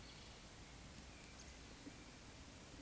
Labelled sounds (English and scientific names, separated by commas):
Eurasian Woodcock (Scolopax rusticola) whistle